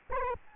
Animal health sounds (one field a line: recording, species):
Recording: mosquito wingbeat signal from an infrared sensor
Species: Aedes albopictus